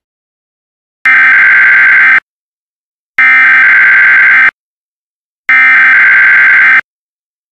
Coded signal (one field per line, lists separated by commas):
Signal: Emergency Alert System (SAME) tones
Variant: header bursts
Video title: WTPR-TV Required Monthly Test